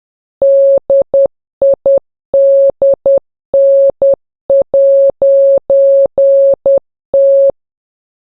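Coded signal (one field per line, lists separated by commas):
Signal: Morse code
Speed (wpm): 10 wpm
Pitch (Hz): 550 Hz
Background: none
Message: DIDN'T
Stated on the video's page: Morse code practice drill for learning to decode by ear.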